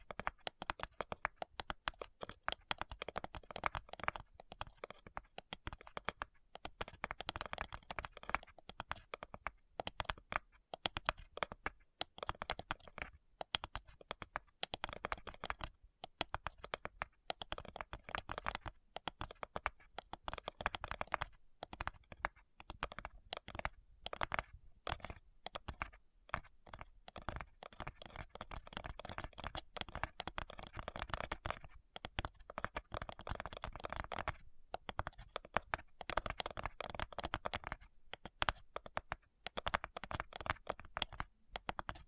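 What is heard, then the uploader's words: Quick, crisp tapping runs through the whole 42 seconds, a dense stream of short clicks much like typing on a keyboard. The rhythm is fast and slightly uneven, with brief gaps scattered throughout, and the sound stays bright and fairly constant in loudness. ASMR Addictive Tapping.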